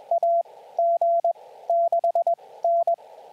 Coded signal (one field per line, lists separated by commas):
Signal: Morse code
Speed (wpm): 21 wpm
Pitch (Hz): 680 Hz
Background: radio noise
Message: AG6N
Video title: #4 Callsign Practice | Morse Code for SOTA